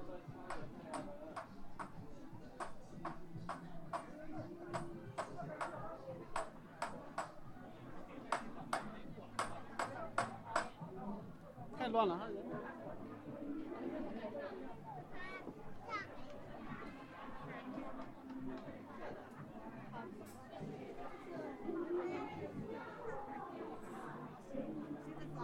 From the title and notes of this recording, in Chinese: 重庆洪崖洞。